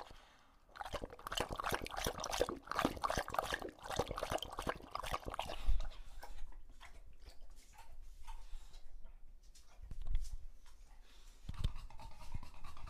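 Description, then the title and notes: English Bulldog lapping water, a dense burst of splashy, rapid tongue strokes, then quieter slurps and breaths with occasional louder laps. English Bulldog named Lucho, male, drinking from a water bowl after a long walk; out of breath, heavy breathing in between drinks, drinks for a long time. "English Bulldog Drinks from Water Bowl - Weird Sounds. listen to Lucho the English Bulldog as he tries to drink water after a long walk. Don't let his heavy breathing fool you in between drinks, he's equally out of breath from the walk"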